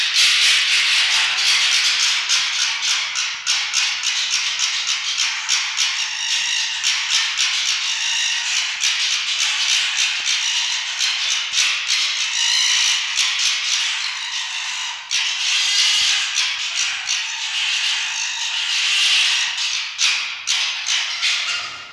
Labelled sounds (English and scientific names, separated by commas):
Red Fox (Vulpes vulpes)